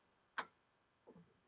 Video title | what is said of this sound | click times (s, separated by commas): How To Change A Fuel Filter - Chevy Trailblazer 5.3L (Andy’s Garage: Episode - 304) | slide it right over like this and we're going to go ahead and push it in until it clicks | 0.4 s